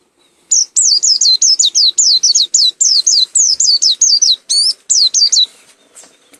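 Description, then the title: White-eye song, a rapid chatter of high, thin notes that slur downward, repeated about four times per second for five seconds, with some notes jumping higher. Macok song style; endemic to Malang, East Java. "Burung Pleci Macok Endemik Jatim Malang"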